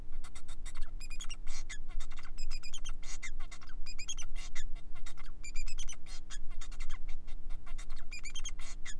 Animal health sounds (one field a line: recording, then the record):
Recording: song of a male Bengalese finch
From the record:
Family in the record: son of father 4